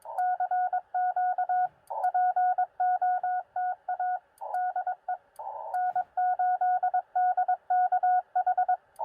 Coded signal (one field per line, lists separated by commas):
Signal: Morse code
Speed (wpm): 21 wpm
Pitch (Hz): 730 Hz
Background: radio noise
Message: CQ POTA DE N8DKH